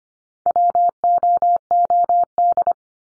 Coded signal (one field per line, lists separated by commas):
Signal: Morse code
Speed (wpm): 25 wpm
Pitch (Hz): 700 Hz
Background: none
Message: WOOD